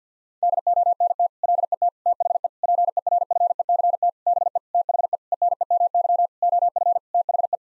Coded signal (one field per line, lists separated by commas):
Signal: Morse code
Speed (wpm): 50 wpm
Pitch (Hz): 700 Hz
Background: none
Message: DONT LET THE PERFECT BE THE ENEMY OF THE